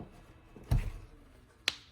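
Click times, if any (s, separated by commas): 1.7 s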